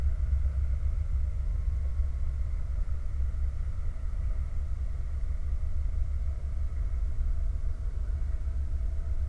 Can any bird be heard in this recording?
no